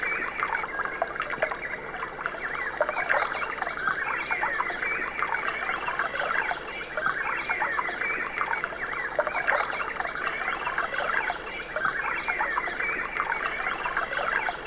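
Birds chattering, a dense flock of overlapping chirps and short twitters running continuously throughout, with a steady background hiss.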